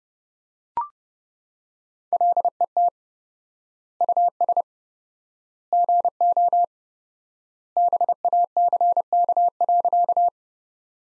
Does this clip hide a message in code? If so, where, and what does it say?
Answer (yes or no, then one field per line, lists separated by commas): yes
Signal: Morse code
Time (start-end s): 2.1-10.3 s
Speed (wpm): 30 wpm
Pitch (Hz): 700 Hz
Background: none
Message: LET US GO BACK.